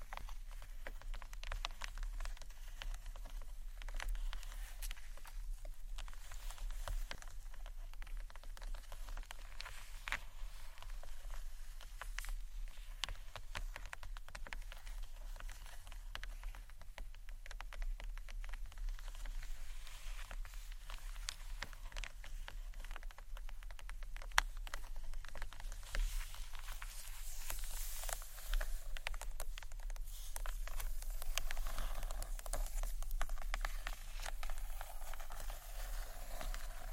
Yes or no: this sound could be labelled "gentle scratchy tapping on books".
yes